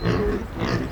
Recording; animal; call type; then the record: contact call of a hoofed animal; wild boar; grunt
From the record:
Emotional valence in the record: negative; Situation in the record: naturally occurring agonistic interactions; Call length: 0.92 s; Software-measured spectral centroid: 1930 Hz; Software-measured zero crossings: 1330 a second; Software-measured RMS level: -24 dBFS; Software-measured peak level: -8 dBFS